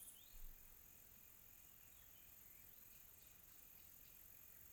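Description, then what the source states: Cricket calls form a continuous high-pitched trill, with a brief soft sound at the start and a quiet, low rumble underneath. Quiet tropical night.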